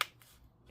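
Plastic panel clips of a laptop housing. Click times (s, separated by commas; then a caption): 0.0 s. Plastic panel clips on the housing of an MSI GS75 Stealth 8SG (8SG-202US) laptop are pushed together by hand, with a hand on the back. A sharp snap at 0.0 s shows the clips seating, and a fainter tick follows at 0.2 s. The panel pieces are clicked together and seated.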